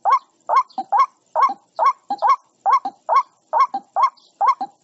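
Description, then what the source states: White-breasted waterhen, repeated rising croaks about twice a second, often followed by a softer, lower grunt. Calling to its flock.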